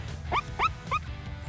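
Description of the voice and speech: Three brief, high, rising squeaks, mouse-like, each about a tenth of a second, made by an adult woman with Tourette syndrome: simple vocal tics, her lips moving as she makes them.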